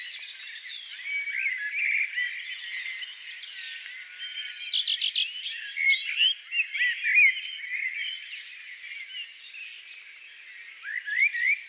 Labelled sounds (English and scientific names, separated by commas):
Common Redstart (Phoenicurus phoenicurus) song